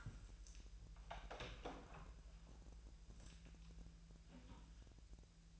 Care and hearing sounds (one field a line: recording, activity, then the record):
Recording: daily activity, microphone in the room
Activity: open door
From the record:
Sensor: 2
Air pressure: 1001.3 hPa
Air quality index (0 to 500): 245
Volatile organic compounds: 80 ppm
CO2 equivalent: 3611 ppm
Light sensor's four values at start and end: 10/23/9/10 and 9/21/8/8